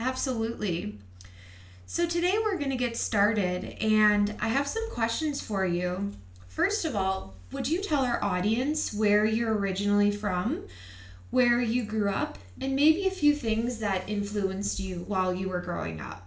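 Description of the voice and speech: A single adult woman speaks clearly and fluently at an easy conversational pace, with only brief natural pauses between phrases and a steady, clear voice. The speech is typical, with no stuttering or voice disturbance. A faint, steady low hum sits in the background.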